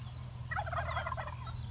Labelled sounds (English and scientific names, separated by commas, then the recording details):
Wild Turkey (Meleagris gallopavo)
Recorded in Sonoma County, California